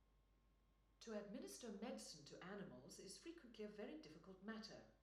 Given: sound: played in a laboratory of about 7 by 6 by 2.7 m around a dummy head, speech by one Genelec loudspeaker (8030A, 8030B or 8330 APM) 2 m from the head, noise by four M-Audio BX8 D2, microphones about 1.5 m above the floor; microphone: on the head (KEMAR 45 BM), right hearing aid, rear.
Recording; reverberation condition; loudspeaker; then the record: female speech in English; medium; 90 degrees to the right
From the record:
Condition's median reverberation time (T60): about 510 ms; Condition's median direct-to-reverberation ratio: about -0.5 dB